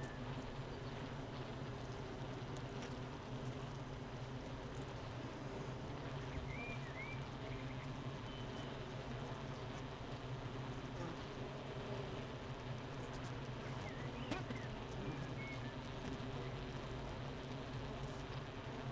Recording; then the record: honeybee colony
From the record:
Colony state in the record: missing queen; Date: 31 May 2018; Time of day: 8:04